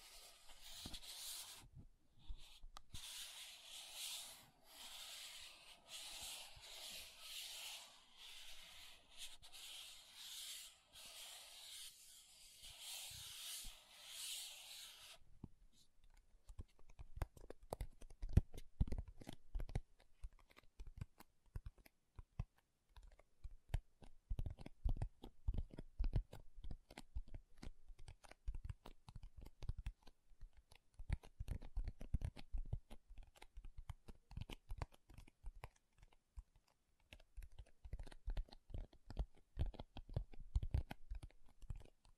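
Makeup tapping and scratching: a dense, bright scratchy rubbing for fifteen seconds, then quick irregular clicky taps continuing to the end.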